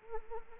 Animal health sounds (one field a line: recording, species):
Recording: mosquito wingbeat signal from an infrared sensor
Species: Anopheles arabiensis